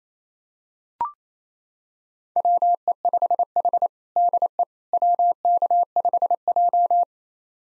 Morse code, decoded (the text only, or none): WE5H DE WK5J